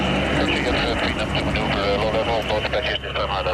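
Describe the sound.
A military Apache attack helicopter roars steadily overhead, flying very low during a tactical flying exercise, its dense engine and rotor noise filling the whole stretch while a person talks over it.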